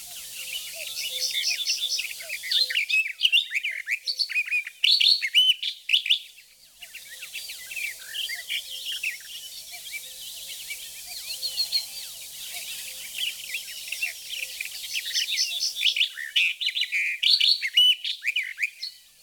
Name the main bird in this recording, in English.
Barred Warbler